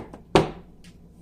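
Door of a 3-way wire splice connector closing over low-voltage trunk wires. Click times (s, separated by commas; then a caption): 0.4 s. A CT1 crimp tool presses the hinged door of a thinLUX RapidSPLICE 3-way connector closed over the low-voltage Run-N-Tap trunk-line wires to make a T-splice. After a faint tick near 0.1 s, a sharp, loud click at 0.4 s marks the door snapping shut and seating, followed by a soft, brief hiss near 0.8 s.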